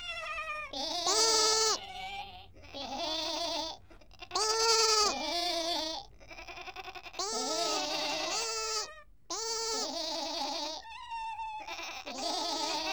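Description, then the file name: Sheep bleating: a series of quavering nasal bleats in long bursts, some higher and thinner, separated by short gaps. Sheep and lambs together. "Ministry of Sound FX - Animals Sheep and Lambs"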